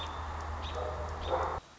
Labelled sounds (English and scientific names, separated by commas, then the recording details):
American Robin (Turdus migratorius)
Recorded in Sonoma County, California